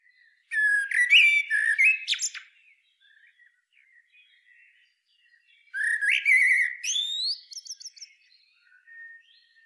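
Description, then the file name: Common blackbird sings two phrases several seconds apart, each a low mellow whistle rising into rapid high-pitched trills and squeaks. "Turdus merula"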